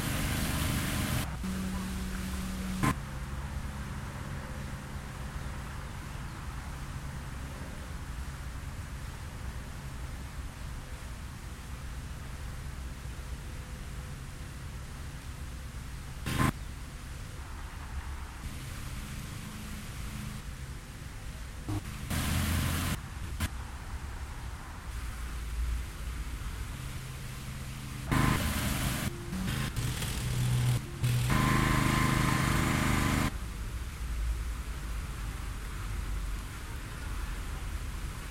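A fountain pours with a steady, dense rush of water that fills the scene evenly from start to finish. Brief louder bursts of splashing or wind break through near the start, around 16 seconds, and again between 22 and 33 seconds, over a low rumble of traffic.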